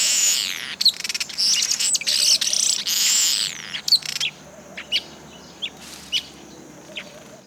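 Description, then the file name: Village weaver song: loud, harsh, buzzy chattering and wheezy sizzling phrases for about four seconds, then several spaced single sharp chips over a faint steady high hiss. "Village Weaver Ploceus cucullatus"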